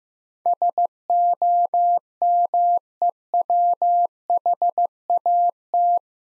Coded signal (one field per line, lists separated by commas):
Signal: Morse code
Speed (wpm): 15 wpm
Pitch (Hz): 700 Hz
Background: none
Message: SOMEWHAT